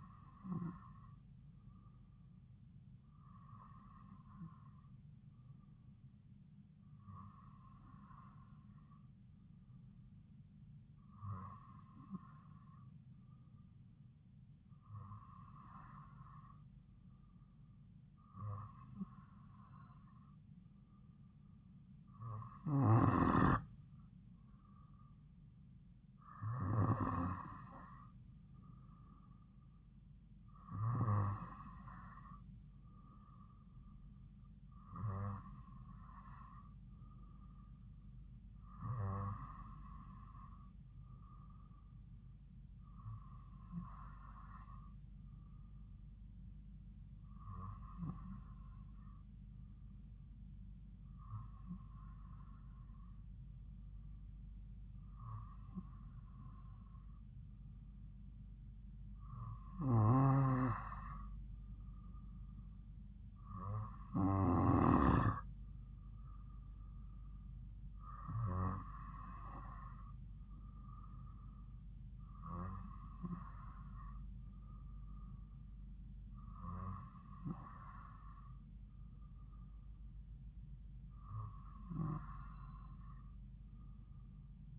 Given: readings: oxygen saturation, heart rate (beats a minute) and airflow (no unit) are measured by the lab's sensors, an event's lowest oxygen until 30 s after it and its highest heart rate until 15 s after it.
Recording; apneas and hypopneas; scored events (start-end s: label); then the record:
breathing in sleep by a smartphone at the bedside; none
41.00-84.79 s: new sleep stage, N2 (light sleep)
From the record:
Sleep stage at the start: N3 (deep sleep); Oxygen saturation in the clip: 93 to 94%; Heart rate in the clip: 54 to 57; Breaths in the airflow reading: 21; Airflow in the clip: -2.7 to 3.2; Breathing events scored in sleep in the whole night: 270 in 6.1 hours asleep